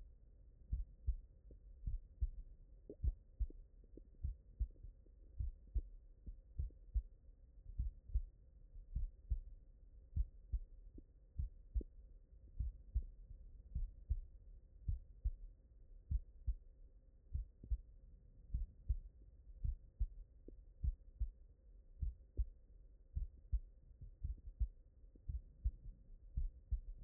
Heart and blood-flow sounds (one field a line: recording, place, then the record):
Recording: heart sounds by stethoscope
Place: mitral valve (MV)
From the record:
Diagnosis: non-HFrEF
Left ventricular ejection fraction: 60%